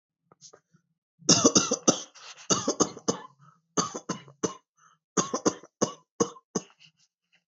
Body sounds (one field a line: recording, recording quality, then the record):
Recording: shallow voluntary cough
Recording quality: excellent, no background noise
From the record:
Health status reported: healthy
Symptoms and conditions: diabetes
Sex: male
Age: 39 years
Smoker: yes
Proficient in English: yes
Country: India